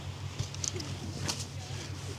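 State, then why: Not seated. An umbrella being closed outdoors folds shut, but the catch on its shaft does not lock at the end, and the fault is fixable. Soft rustles and a few faint brief ticks sound over a low steady hum, but nothing has clicked or latched yet.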